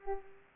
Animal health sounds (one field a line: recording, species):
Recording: mosquito wingbeat signal from an infrared sensor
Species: Culex pipiens